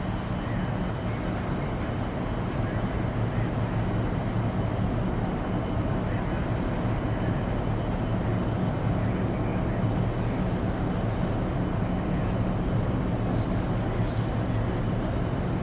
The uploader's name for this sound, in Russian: Атмосфера Кабины Шаттла